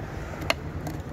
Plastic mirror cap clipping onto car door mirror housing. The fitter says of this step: can hear it clicking to get it into place just